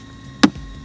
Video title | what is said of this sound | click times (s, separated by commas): Pimp my PEV #6 - Artem's MONSTROUSLY MODDED GotWay MONSTER 100V | just boom and you put it in and has a satisfying click | 0.4 s